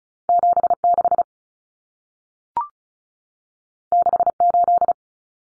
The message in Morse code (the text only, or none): 76 68